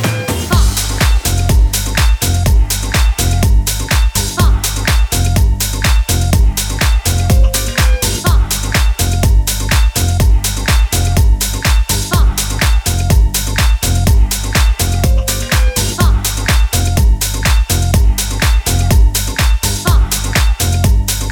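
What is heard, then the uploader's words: A house music track with a steady four-on-the-floor kick, about two beats per second, over a deep bass line that steps between notes. A thin sustained tone runs through, with brief higher melodic blips around 7 and 15 seconds. Loudness stays even throughout. New house sounds.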